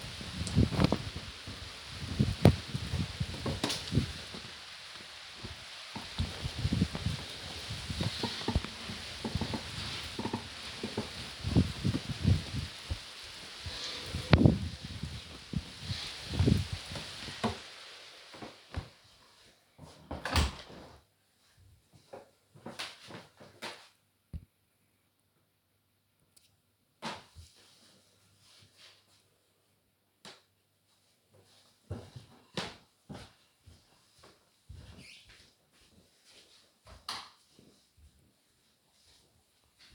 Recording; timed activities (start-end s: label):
household activities, microphone on the right wrist
0.00-18.79 s: window cleaning